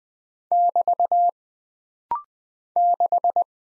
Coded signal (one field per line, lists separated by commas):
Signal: Morse code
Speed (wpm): 20 wpm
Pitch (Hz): 700 Hz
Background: none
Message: <BT> 6